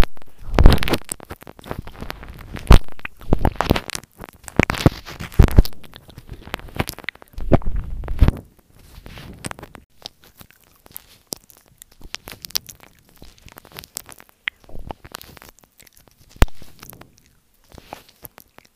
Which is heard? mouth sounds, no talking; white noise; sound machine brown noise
mouth sounds, no talking